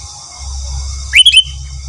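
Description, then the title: Sooty-headed bulbul giving one short, liquid phrase of rising whistled notes over a low rumble. "Kutilang"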